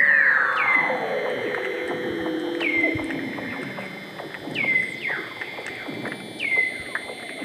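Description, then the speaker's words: Weddell seal underwater calls: a long falling call, then a few short high chirps, with a high steady whine and crackling clicks behind. Weddell seals singing beneath sea ice near Scott Base, Antarctica, where they returned to breed; hydrophone through an ice hole; background clicks and crackling probably from snapping shrimps. "All of those sounds, the space sounds, those bird calls, jungle sounds, everything is seal song."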